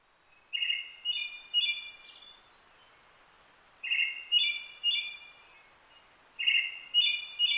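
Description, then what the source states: Brown-headed thrush song: clear, fluty three-note phrases, each note slightly higher, repeated about every three seconds with pauses between, over quiet background. Recorded 29 June 2009 at 17:46.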